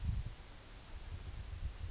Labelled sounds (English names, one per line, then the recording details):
Yellowhammer song
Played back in forest
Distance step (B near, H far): D
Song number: 014